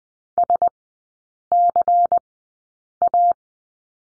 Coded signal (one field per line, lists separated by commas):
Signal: Morse code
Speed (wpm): 20 wpm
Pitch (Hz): 700 Hz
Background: none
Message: SCA